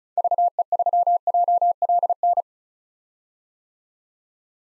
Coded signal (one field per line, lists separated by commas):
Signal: Morse code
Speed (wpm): 36 wpm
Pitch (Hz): 700 Hz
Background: none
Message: VE3JLN